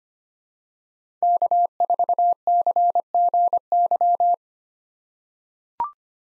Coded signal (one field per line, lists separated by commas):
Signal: Morse code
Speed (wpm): 25 wpm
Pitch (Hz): 700 Hz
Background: none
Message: K4CGY